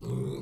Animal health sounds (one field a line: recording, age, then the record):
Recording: pig call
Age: weaner (32 to 43 days)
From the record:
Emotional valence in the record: negative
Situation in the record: short isolation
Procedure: open field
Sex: female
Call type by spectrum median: low-frequency call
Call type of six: low-frequency stable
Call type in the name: low-frequency stable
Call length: 0.42 s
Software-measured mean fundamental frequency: 63 Hz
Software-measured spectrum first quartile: 137 Hz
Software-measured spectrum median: 233 Hz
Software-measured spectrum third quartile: 478 Hz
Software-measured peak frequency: 137 Hz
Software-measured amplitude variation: 108 dB a second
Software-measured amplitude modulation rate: 24.1 a second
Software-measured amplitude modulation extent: 4.5 dB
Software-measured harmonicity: -0.1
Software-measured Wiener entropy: -0.31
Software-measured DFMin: 1178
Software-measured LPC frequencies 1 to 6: 333, 1030, 2245, 3858, 4390, 5535 Hz